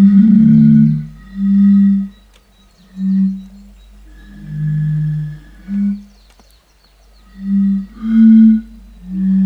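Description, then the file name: European fire-bellied toad calls: low, rounded 'oop' notes repeated every second or two, some overlapping at slightly different pitches. "henrik olsson anders dahl bombina bombina"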